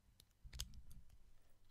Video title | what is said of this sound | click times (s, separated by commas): PEBBLE TIME: UK Review, Unboxing, and Set-Up Guide! | you can hear this hang on we'll we'll give you a little click on the microphone | 0.6 s